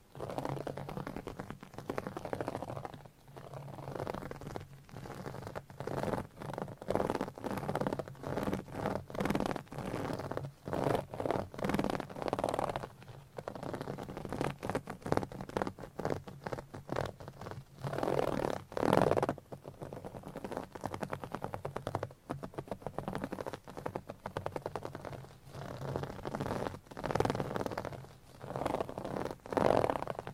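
Scratching and tapping with nails on different items, a dense run of rough, crackly strokes and quick taps that rarely pause. The texture shifts between low rubbing and brighter scrapes, with a sharp burst near nineteen seconds and another at the end.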